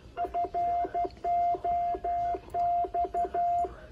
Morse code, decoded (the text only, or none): FOX